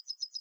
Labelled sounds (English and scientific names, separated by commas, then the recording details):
Yellowhammer (Emberiza citrinella) song
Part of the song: start
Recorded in the Czech Republic on 5 June 2013
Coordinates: 50.582, 16.410
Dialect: BE
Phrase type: H24
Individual 305967